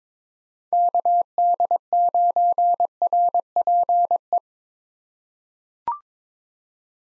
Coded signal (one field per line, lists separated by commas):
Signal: Morse code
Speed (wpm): 22 wpm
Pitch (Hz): 700 Hz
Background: none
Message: KD9RPE